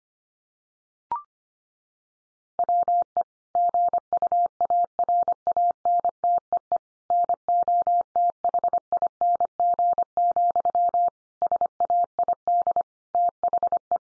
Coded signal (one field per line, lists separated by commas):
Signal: Morse code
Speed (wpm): 25 wpm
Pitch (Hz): 700 Hz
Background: none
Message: WE GUARANTEE NOTHING, SAID THE